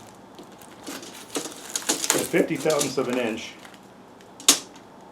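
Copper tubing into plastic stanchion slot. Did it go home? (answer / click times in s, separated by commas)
yes / 4.5 s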